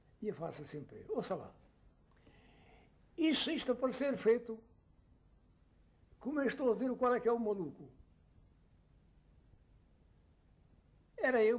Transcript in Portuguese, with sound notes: E eu faço assim para ele: "Ouça lá, [pausa] e se isto aparecer feito [pausa] como eu estou a dizer, o qual é que é o maluco"? [pausa] "Era eu.